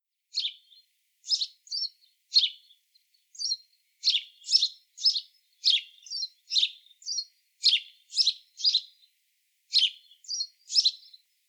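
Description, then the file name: House sparrow chirping, a run of short harsh chirps in irregular groups, some doubled, with no other sounds. "Passer domesticus"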